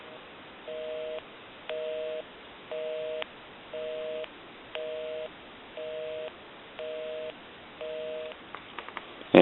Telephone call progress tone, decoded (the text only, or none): busy tone